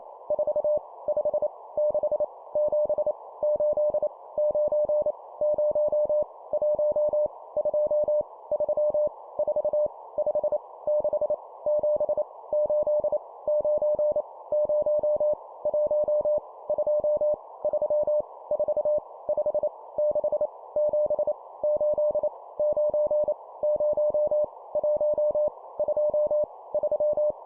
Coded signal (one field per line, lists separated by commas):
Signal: Morse code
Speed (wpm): 28 wpm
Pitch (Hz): 600 Hz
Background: none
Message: 4 5 6 7 8 9 0 1 2 3 4 5 6 7 8 9 0 1 2 3 4 5 6 7 8 9 0 1 2 3